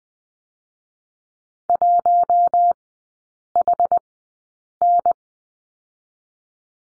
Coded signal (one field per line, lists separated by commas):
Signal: Morse code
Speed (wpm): 20 wpm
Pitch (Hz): 700 Hz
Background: none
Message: 1HN